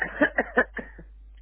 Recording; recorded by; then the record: voluntary cough; telephone call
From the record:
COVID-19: negative